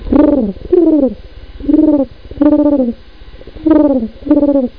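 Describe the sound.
Pigeon cooing: low, throaty, slightly falling coos in bursts, about six phrases in under five seconds.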